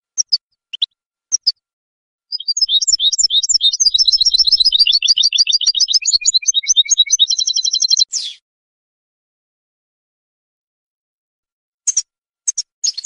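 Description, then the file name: European goldfinch song: a few scattered high chirps, then a long, fast, tinkling twitter of varied notes ending in a buzzy rattle, followed by silence and more brief chirps. "audio burung goldfinch"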